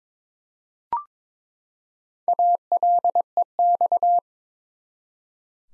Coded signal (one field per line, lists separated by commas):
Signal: Morse code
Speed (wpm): 22 wpm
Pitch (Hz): 700 Hz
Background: none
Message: ALEX